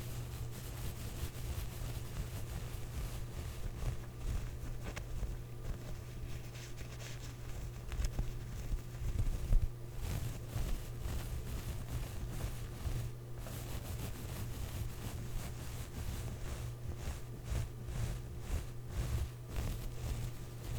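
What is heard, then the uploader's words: Clothes scratch and rustle in dense, uneven bursts over a steady low engine-like hum, with a louder scrape near ten seconds. ASMR Clothes Scratching.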